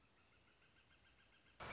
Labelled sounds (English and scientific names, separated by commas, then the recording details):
Northern Flicker (Colaptes auratus)
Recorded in Sonoma County, California